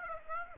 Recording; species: mosquito wingbeat signal from an infrared sensor; Aedes aegypti